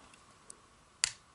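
The plastic leg joint of a Jurassic World Fallen Kingdom Battle Damage Blue dinosaur action figure is moved, with faint ticks near 0.1 s and 0.5 s. At 1.0 s it snaps into its detent position with one sharp, bright click. The joint seats.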